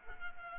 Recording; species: mosquito wingbeat signal from an infrared sensor; Culex pipiens